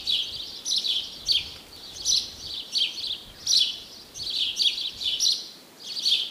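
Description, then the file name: House sparrow chirping, a run of short harsh chirps repeated roughly every half second to second, some notes doubled, over a faint low background hiss. "Passer domesticus"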